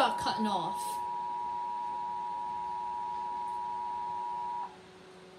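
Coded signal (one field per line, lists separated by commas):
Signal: Emergency Alert System (SAME) tones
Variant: 853 and 960 Hz attention tone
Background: speech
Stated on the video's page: Real EAS alert recorded on 08/20/2021, about 6 minutes long.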